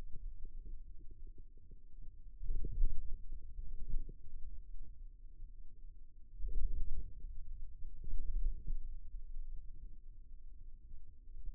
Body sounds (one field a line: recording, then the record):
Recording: forearm muscle sounds (acoustic myography)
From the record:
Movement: hand closing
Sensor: system 2, bracelet of six BSWA MPA416 microphones around the upper forearm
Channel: 2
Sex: male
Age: 22 years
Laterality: right